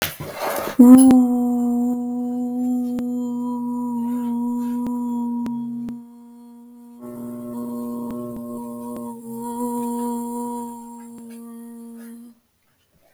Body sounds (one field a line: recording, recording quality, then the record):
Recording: sustained vowel as in boot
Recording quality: excellent, no background noise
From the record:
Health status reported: healthy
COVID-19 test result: not tested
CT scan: not taken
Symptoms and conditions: breathing difficulty, sore throat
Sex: female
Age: 21 years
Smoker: no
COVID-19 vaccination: both doses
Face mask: not worn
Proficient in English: yes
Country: India